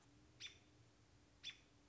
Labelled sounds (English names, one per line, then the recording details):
American Robin
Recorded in Sonoma County, California